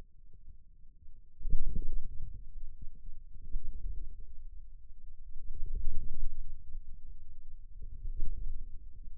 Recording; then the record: forearm muscle sounds (acoustic myography)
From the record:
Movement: ulnar deviation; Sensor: system 2, bracelet of six BSWA MPA416 microphones around the upper forearm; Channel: 1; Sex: male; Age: 22 years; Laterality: right